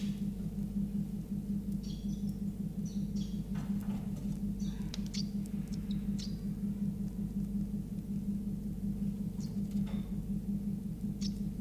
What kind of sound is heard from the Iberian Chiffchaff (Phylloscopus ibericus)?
call